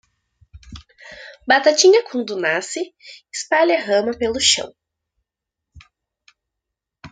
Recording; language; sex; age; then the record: short text; Brazilian Portuguese; female; 20 to 29 years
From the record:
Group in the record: control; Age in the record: 20 years